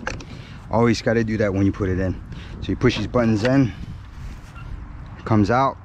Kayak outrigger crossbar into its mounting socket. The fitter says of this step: you can make sure you hear that click pull on a little bit shake it make sure it doesn't come back out